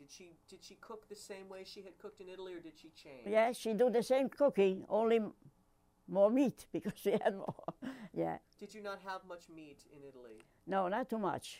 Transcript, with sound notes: Did she cook the same way she had cooked in Italy, or did she change?
Yeah, she do the same cooking, only more meat, because she had more. ( she laughs ) Yeah.
Did you not have much meat in Italy?
No, not too much.